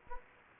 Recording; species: mosquito wingbeat signal from an infrared sensor; Anopheles gambiae